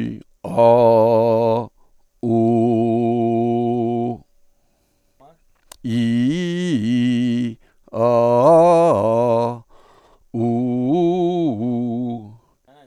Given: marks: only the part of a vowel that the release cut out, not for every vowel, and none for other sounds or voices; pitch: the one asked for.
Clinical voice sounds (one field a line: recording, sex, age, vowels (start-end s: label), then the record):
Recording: sustained vowels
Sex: male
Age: 60 to 69 years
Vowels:
0.59-1.54 s: vowel /a/, low pitch
2.36-4.02 s: vowel /u/, low pitch
5.97-7.37 s: vowel /i/, low-high-low pitch
8.05-9.41 s: vowel /a/, low-high-low pitch
10.45-12.05 s: vowel /u/, low-high-low pitch
From the record:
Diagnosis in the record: healthy voice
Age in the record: 66 years